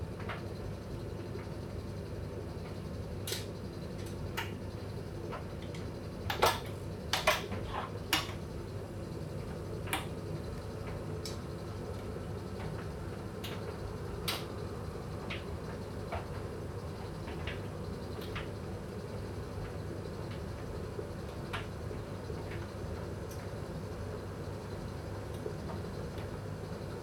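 An electric dryer hums steadily, a low even rumble with a soft whooshing hiss above it that never changes. Sharp clicks and taps come through it, clustered around six to ten seconds, then scattered every few seconds afterward, like items knocking inside the drum.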